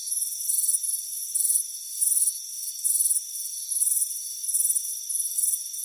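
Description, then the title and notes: Crickets give shrill pulsed trills in bursts under a second apart, above a continuous high buzzing drone. Warm afternoon, relaxing in a hammock on a front porch. "Soothing Crickets Chirping Sound. It's a warm afternoon as you relax in a hammock on the front porch. Relax and fall asleep to the soothing sound of chirping crickets. Deep Sleep Sounds"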